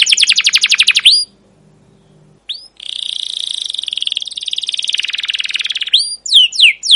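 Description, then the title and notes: Canary trilling quickly, a brief pause with a faint low hum, then an extended buzzy trill and a few swept chirps to finish. Long, persistent, emotive chirping 'cuit cuit' rolling canary song, used as a lure and as a tutor for young canaries learning to sing. "CUIT CUIT NGEROL LANGSUNG GACOR PANJANG Kenari Ini Utk Pancingan KENAR. PANCINGAN Kenari GACOR PANJANG Cuit CUIT EMOSI ini utk MASTERAN Kenari PAUD belajar BUNYI. burung kenari"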